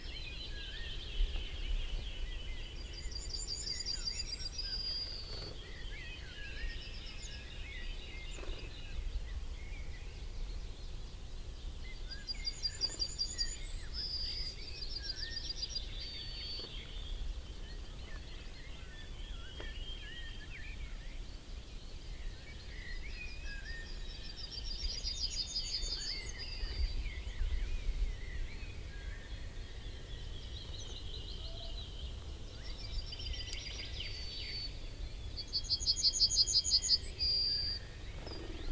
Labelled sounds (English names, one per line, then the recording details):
Yellowhammer
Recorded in the wild
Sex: male
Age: adult
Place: Schönow, Naturpark Barnim, Brandenburg, DE
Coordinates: 52.6892, 13.5014
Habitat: wood
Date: 2005-05-28
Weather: clear, 16°C, no wind
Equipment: Edirol R-4, Sennheiser MKH 70, Windschutz
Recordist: Frommolt, Karl-Heinz